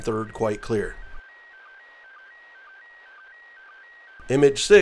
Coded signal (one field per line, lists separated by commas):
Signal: SSTV (slow-scan television)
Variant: PD 120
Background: speech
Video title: International Space Station - Slow Scan Television - December 2021